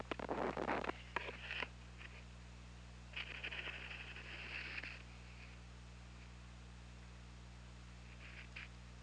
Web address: OL Orca Lab UTLN JASON 20180216 044135